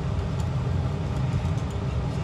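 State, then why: Not seated. The pilot and burner assembly of a Rheem gas water heater is handled as it is pushed back into the combustion chamber after its flame sensor was cleaned, because the pilot would not stay lit. A steady low rumbling noise fills the whole clip with faint high ticks scattered through it. Nothing has snapped or seated yet.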